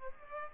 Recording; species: mosquito wingbeat signal from an infrared sensor; Aedes aegypti